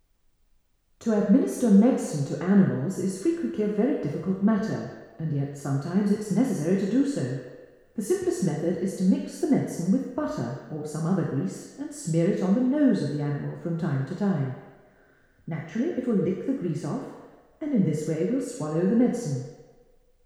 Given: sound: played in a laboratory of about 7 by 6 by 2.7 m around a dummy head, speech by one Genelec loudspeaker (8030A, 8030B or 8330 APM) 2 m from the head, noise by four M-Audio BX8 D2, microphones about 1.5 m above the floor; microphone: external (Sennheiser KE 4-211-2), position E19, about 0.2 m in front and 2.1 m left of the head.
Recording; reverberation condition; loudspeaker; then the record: female speech in English; high; 90 degrees to the left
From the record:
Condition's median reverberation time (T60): about 1300 ms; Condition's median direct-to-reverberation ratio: about -4.0 dB